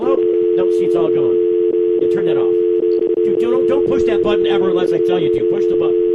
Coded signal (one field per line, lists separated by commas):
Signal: telephone call progress tone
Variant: North America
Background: speech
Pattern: dial tone